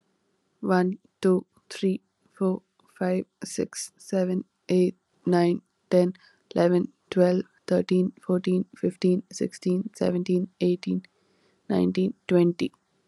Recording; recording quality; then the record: counting at a normal pace; excellent, no background noise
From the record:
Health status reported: recovered from COVID-19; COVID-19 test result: positive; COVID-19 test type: RT-PCR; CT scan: not taken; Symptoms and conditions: cough, cold, fatigue, loss of smell and taste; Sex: female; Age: 19 years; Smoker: no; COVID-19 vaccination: both doses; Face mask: worn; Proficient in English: yes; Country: India